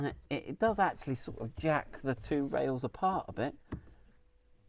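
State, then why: Seated. Someone talks while an interior accessory mount, its wheel already tightened, is pushed onto the mounting rails of a new Land Rover Defender L663. A single sharp click sounds at 3.7 s as the mount seats into the rails.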